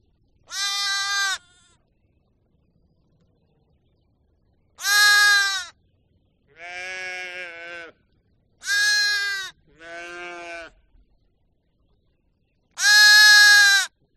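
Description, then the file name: Sheep bleats: six drawn-out quavering calls spaced a few seconds apart, mixing shrill high bleats with deeper, softer ones. "audio hero Sheep"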